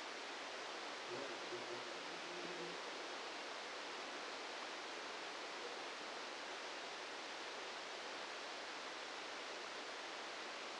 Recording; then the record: brain microelectrode recording played as sound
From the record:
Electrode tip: outside the subthalamic nucleus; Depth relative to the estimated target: -4 mm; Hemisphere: right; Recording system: NeuroSet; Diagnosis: Parkinson's disease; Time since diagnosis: 10 years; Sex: male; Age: 56 years